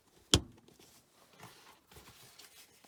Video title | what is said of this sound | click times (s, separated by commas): Noisefighters Heatsync - Installation on Howard Leight Impact Sport and similar headsets | and now you have one side completed you're ready to install it on the other side | 0.3 s